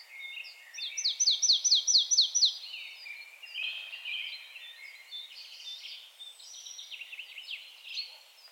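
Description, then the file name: Marsh tit calls: a crisp run of about six falling notes early on, then fainter repeated notes and high chattering later. "Poecile palustris"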